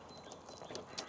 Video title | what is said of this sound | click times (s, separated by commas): 2025 Chausson Etape Line 650 Instructional Video | Just be gentle with these because they are quite delicate. And then they lock into place like so. | 0.8 s, 1.0 s